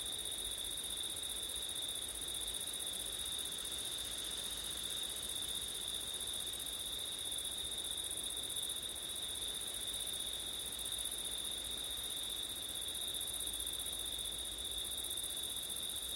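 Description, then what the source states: Crickets trilling on and on in a high, even buzz-like ring, accompanied by soft low background noise. Crickets on a September night with wind; recorded with ortif setup.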